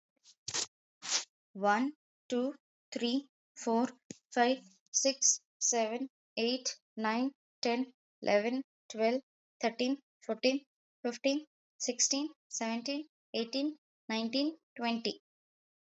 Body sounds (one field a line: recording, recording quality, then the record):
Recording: counting at a normal pace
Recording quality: excellent, no background noise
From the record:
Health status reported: healthy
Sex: female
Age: 27 years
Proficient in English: yes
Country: India